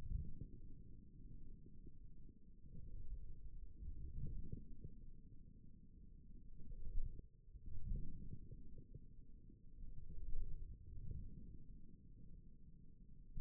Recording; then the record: forearm muscle sounds (acoustic myography)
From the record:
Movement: forearm supination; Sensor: system 1, eight BSWA MPA416 microphones around the upper forearm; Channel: 1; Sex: male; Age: 41 years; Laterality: right